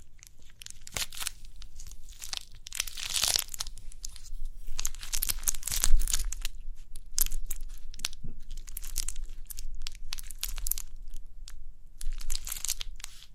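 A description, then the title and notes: Crinkly pimple popping: a dense run of sharp crackles and crinkling snaps fills the whole clip, with no pause. A louder burst of bright crackling comes around three seconds and another near six, over a low, soft rumble underneath. Crinkly Pimple Popping.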